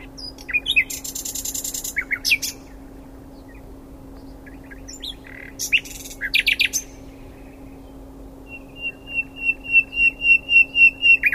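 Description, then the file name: Common nightingale song with varied phrases of buzzy rattles and chirps, ending in a rising crescendo of about ten loud, repeated whistled notes; a faint steady hum underneath. "Luscinia megarhynchos"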